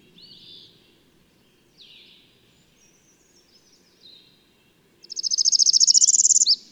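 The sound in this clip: Bird song: soft, thin whistled calls first, then a loud, fast high trill of rhythmic notes closing with a sharp slur.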